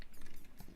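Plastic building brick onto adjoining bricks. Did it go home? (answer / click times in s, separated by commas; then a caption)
no / none. A plastic building brick is pressed onto the surrounding bricks of a white cave MOC after it had not been joining, producing soft handling and rubbing sounds. Nothing has seated or clicked yet.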